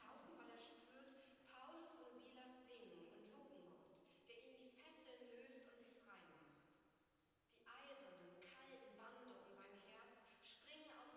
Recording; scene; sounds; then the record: everyday scene through a hearing-aid microphone; reverberant space; speech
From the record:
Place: church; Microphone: in the ear canal, right